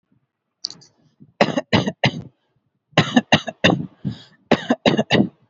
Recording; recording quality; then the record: shallow voluntary cough; excellent, no background noise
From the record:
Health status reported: healthy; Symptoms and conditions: none ticked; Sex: male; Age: 20 years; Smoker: not ticked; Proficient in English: yes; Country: India